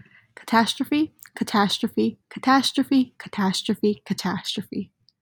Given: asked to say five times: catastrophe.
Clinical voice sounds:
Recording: repeated word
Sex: female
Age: 20 to 29 years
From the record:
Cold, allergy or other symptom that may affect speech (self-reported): no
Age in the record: 21 years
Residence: Illinois, United States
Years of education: 15

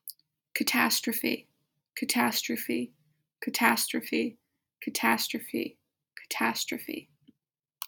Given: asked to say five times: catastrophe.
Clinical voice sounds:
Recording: repeated word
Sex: female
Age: 20 to 29 years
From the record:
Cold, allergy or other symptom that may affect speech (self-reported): no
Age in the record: 21 years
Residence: New Jersey, United States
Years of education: 16

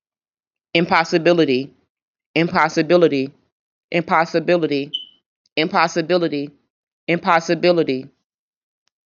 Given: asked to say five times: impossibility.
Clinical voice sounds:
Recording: repeated word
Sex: female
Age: 30 to 39 years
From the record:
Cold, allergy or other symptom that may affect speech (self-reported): no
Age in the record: 35 years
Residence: United States

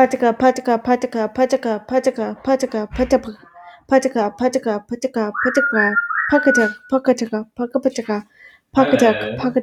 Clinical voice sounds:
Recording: repeated syllables /pa ta ka/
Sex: female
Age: 20 to 29 years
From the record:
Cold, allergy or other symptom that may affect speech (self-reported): no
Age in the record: 22 years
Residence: North Carolina, United States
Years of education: 16

